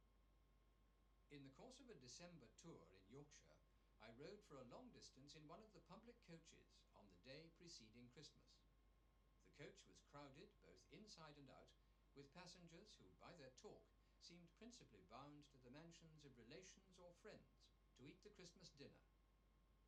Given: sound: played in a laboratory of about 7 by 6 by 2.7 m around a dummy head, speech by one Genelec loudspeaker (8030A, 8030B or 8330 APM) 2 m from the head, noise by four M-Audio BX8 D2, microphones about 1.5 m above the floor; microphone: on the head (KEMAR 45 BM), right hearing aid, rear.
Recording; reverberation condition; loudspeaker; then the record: male speech in English; low; 30 degrees to the right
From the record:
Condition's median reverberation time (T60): about 310 ms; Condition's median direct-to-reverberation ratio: about 3.5 dB